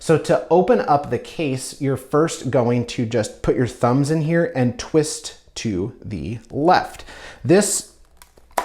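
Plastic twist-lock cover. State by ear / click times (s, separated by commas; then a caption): released / 8.6 s. Someone talks while twisting the round plastic bottom cover of a 2010 Mac Mini to the left with their thumbs, working it loose from the aluminium unibody case. A few faint ticks come just before a sharp, loud pop at 8.6 s, when the cover unlocks and pops free.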